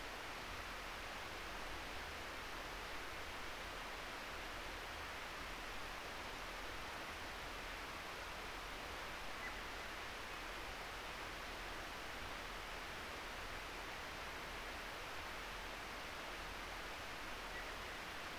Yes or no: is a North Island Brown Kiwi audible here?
no